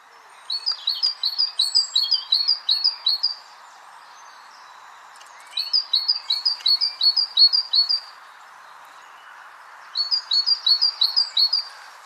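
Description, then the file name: Great tit repeating a bright two-note phrase several times per bout, in three bouts separated by short pauses, over a steady background hiss. "Parus major"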